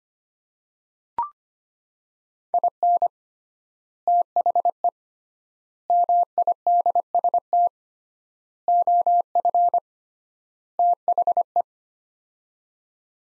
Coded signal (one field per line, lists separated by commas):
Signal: Morse code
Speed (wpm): 25 wpm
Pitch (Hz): 700 Hz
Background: none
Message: IN THE MIDST OF THE